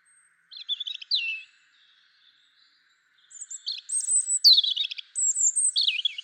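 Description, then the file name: European robin song: a brief twittering phrase, a pause, then a longer cascade of high whistled and trilled notes. "Erithacus rubecula"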